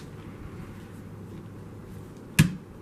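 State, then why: Seated. A wiper arm's J-hook is pushed down into the wiper blade's plastic adapter over a low, steady background hum. A single sharp, bright click rings out at 2.4 seconds as the adapter latches and the blade seats onto the arm.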